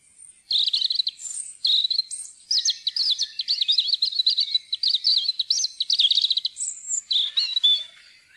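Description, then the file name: European robin delivering high, liquid twitters, a long rapid trilling run and brief clear whistles, phrase after phrase with tiny gaps. "roedstrupe"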